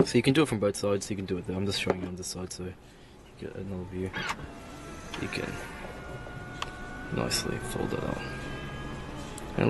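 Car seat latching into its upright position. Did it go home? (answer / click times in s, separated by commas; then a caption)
yes / 9.6 s. Someone talks while a vehicle seat is folded out into its upright position, with mechanical rustling and movement noise. A sharp click at 9.6 s marks the seat latching and locking in place.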